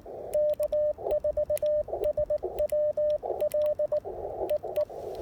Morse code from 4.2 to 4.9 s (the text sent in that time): EE